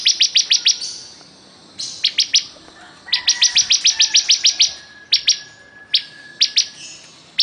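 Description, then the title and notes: Bar-winged prinia: repeated bursts of quick, emphatic high chips, some runs short, others long, with faint thin whistles between. Singing vigorously (gacor). "Suara Burung Ciblek Gacor"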